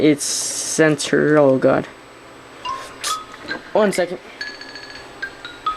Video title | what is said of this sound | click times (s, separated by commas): Universe Galvatron | okay so it literally just took me like 5 minutes just to pop that back in but I finally | 5.7 s